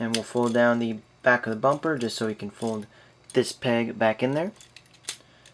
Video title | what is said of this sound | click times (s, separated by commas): Transformers Reviews-Age of Extinction-Deluxe-High Octane Bumblebe | snaps right in beautifully | 5.1 s